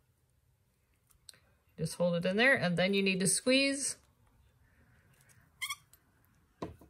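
Someone talks while holding a plastic snap cap and socket in snap pliers, pressing them together through an embroidered vinyl/fabric snap tab. Faint handling clicks and small taps come around the speech. The clip ends before the part goes home, and nothing has seated or clicked yet.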